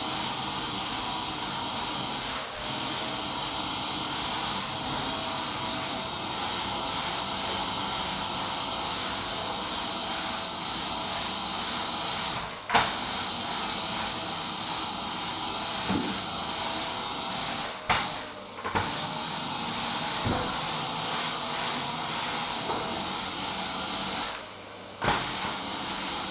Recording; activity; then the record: daily activity, microphone in the room; vacuum cleaning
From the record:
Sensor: 3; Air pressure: 994.4 hPa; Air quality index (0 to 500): 208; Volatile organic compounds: 1000 ppm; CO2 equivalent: 6924 ppm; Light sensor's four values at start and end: 73/171/71/68 and 73/171/71/68